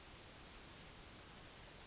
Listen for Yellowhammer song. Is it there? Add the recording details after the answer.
yes. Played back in forest. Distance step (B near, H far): D. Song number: 023